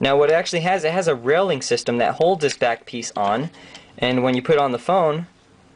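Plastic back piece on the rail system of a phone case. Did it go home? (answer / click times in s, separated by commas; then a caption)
no / none. A plastic back piece is handled on the rail system of a Marware SportShell case for the iPhone 3G/3GS while someone talks throughout. The piece has not yet slid along the rails and snapped into place, so nothing has seated or clicked yet.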